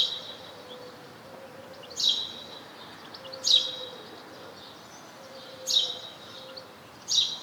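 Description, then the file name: House sparrow calls: a few sharp chirps spaced a second or two apart, with a quiet low tone humming in the background. "Passer domesticus"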